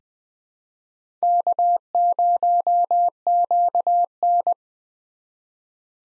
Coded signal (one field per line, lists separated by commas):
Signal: Morse code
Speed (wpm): 21 wpm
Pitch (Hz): 700 Hz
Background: none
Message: K0QN